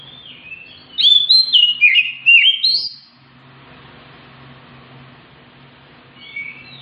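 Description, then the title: Oriental magpie-robin song: a quick run of loud, varied whistled notes sliding up and down for about two seconds, then a low steady hum with a brief later phrase. Kacer in an aggressive, persistent 'full tembakan' fighting song ('tarung', 'ngotot'), used to provoke a reluctant, quiet kacer into responding and singing energetically ('gacor'). "Kacer Langsung Tarung Konslet KACER NGOTOT FULL TEMBAKAN. Pancing 30 DETIK SAJA Kacer MALES BUNYI jadi RESPON GACOR Dengan Ocehan Kacer GACOR pedas"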